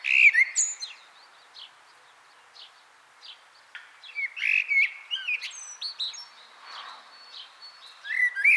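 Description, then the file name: Common blackbird song, scattered fluty notes and bursts of high squeaky twitters, with quieter stretches between the phrases. "Turdus merula"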